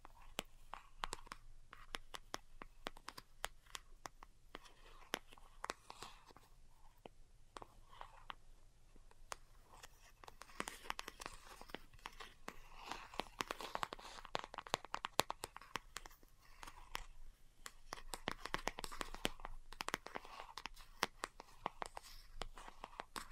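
Delicate tapping runs through the whole 23 seconds as a dense, uneven stream of light, crisp clicks, quieter in the first ten seconds and busier and brighter afterward. Soft scratchy rustles sit between the taps over a faint low hum.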